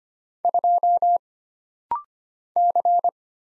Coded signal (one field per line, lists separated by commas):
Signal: Morse code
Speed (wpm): 25 wpm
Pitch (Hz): 700 Hz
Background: none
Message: 2 C